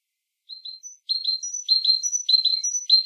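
Great tit song: crisp repeated phrases of a brief high note followed by two lower clipped notes, starting after half a second and growing louder, about five phrases in a quiet background.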